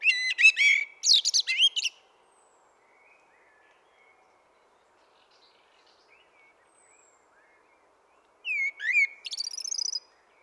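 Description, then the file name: Common blackbird song with two phrases, each a rich, low whistled warble trailing into sharp, high squeaks, separated by several seconds of quiet. "Turdus merula"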